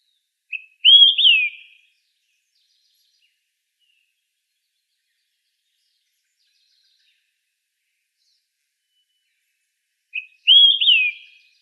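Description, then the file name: Olive-sided flycatcher singing twice, roughly nine seconds apart; each phrase opens with a brief clipped note followed by a loud rising-then-falling whistle. Recorded on 19 June 2004. "OSFL 1 deviche"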